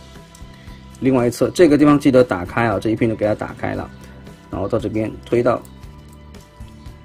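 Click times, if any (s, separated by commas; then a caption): 0.4 s. The plastic arm of an Iron Factory IF EX-41 Sonic Wave transforming toy is lowered, and its inner clip is pressed over a protruding peg on the toy's body, giving a short click at 0.4 s. The clip seats, and someone then talks over quiet background music.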